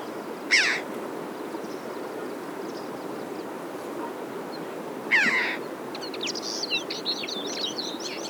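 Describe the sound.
Red-billed chough giving two harsh, ringing calls about five seconds apart, followed by soft twittering from small birds over a steady background hiss.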